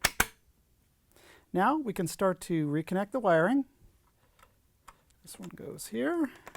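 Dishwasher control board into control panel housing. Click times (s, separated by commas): 0.1 s, 0.2 s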